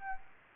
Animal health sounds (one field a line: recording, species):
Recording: mosquito wingbeat signal from an infrared sensor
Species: Aedes aegypti